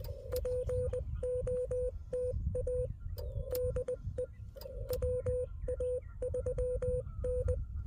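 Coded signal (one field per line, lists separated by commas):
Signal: Morse code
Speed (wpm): 20 wpm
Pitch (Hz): 500 Hz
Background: none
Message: POTA DE WA3N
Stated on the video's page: Parks on the Air activation from park US-12715 using a Xiegu X6200 with XPA125B amplifier and a Radioddity HF-009 antenna on a tripod.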